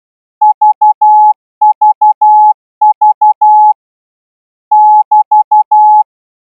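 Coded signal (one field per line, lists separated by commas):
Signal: Morse code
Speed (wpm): 12 wpm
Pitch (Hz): 850 Hz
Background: none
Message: VVV <BT>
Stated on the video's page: Thai military signal-school Morse test at 16 words per minute for second-year signal corps students.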